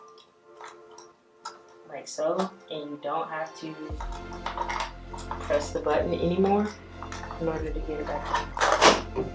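The plastic memory compartment door is pushed back onto the rear of a 27-inch 5K iMac (2019) during a RAM upgrade, with no button needing to be pressed. It clicks shut at 1.0 s and 1.5 s and is seated. Someone talks, and music plays underneath for the rest of the clip.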